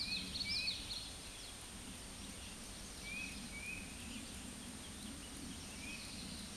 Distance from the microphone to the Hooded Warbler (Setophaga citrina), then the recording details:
about 35 m. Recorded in a Pennsylvania forest on 18 May 2023 at 08:50. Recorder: AudioMoth, point grid1_31_low. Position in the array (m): 155 m, 127 m